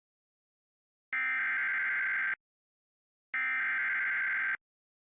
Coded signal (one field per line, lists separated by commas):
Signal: Emergency Alert System (SAME) tones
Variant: header bursts